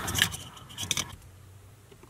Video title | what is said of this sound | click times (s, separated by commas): The Top Dog Trailer Brake Unbox and Install - The Savvy Campers | I heard it click okay | 0.9 s